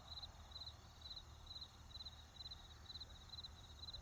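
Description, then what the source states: Cricket chirps in brief pulsed bursts repeated roughly every half second, with a constant low traffic hum beneath. Crickets with distant traffic.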